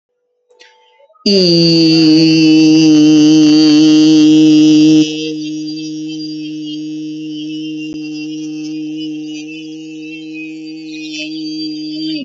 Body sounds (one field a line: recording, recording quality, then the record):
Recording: sustained vowel as in beet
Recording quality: excellent, no background noise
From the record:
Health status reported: respiratory illness, not identified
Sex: male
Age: 36 years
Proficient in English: yes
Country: India